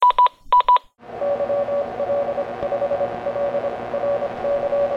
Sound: beeping